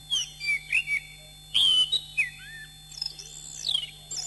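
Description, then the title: Oriental magpie-robin song of loud clear whistled notes, some slurred downward, then softer high twittering, with a constant faint hum. "Kicau Kacer"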